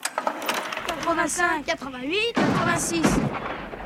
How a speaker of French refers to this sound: tu sais, on dirait bien des coups de feu. Oui. Pas des bambans comme on entend dans les films de guerre, mais des coups de feu, des vrais coups de feu.